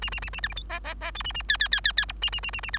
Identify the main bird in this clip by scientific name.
Lonchura striata domestica